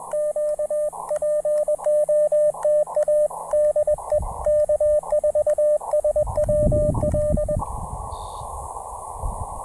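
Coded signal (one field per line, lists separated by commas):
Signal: Morse code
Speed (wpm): 20 wpm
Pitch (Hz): 600 Hz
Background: radio noise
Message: QPOTA DE K4SWL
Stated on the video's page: QRP CW POTA park activation with an Elecraft KX2, Bamatech TP-III paddles, Packtenna Mini EFHW antenna and Elecraft AX1.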